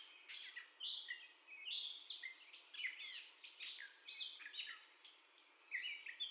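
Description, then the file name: Gray catbird song: bursts of squeaky and grating notes alternating with brief whistled slurs, a few short pauses between clusters. Gray catbird's first song heard, recorded 30 May 2021. "2021-05-30 Catbird First Song"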